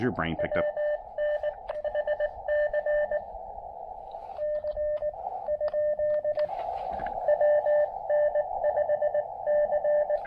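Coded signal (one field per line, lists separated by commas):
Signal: Morse code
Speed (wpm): 19 wpm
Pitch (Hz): 600 Hz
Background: speech, radio noise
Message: WN HC C ? WN5C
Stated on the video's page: Quick QRP Parks on the Air activation with an Elecraft KX2 set up on a knee board.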